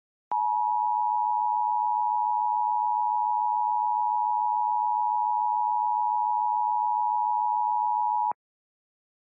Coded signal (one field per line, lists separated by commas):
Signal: Emergency Alert System (SAME) tones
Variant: 853 and 960 Hz attention tone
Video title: EAS Mini-Scenario | Lab Fire